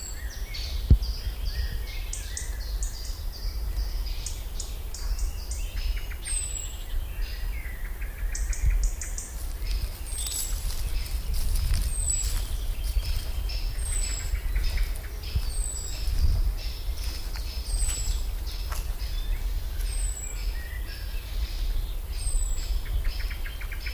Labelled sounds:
European Robin (Erithacus rubecula) call

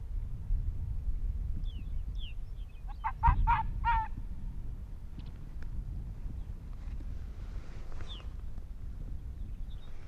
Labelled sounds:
Arctic Fox (Vulpes lagopus)

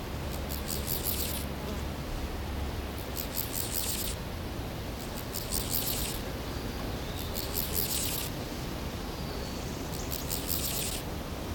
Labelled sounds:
Steppe Grasshopper (Chorthippus dorsatus) stridulation

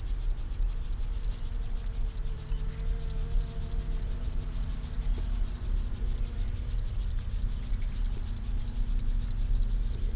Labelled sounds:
Upland Field Grasshopper (Chorthippus apricarius)

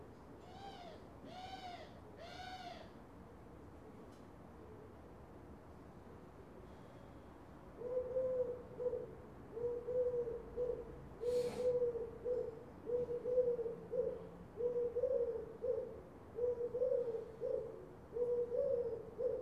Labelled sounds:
Eurasian Collared Dove (Streptopelia decaocto)

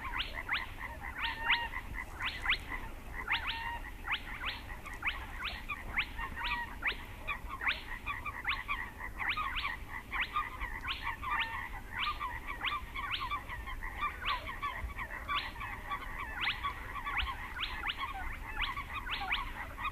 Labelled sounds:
Spotted Crake (Porzana porzana)

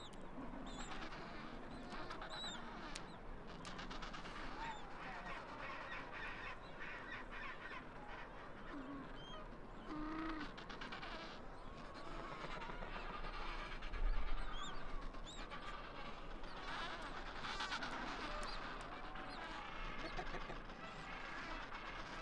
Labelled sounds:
Adelie Penguin (Pygoscelis adeliae) call

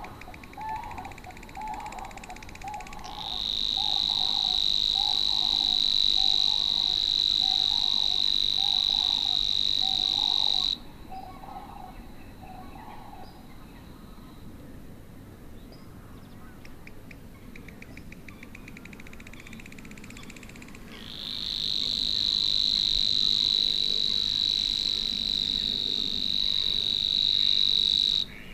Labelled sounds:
Savi's Warbler (Locustella luscinioides)

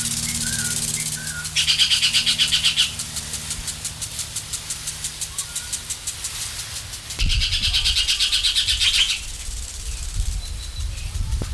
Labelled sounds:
Crested Oropendola (Psarocolius decumanus) call

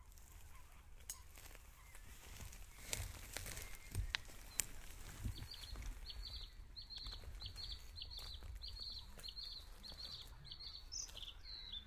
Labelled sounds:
Bluethroat (Luscinia svecica) song

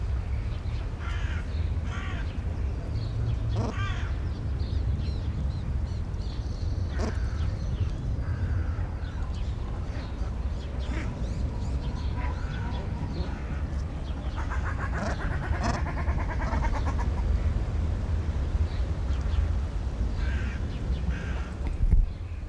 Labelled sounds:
Common Shelduck (Tadorna tadorna) call

